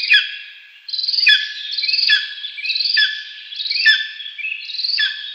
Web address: Schulze Peter Lesser Spotted Eagle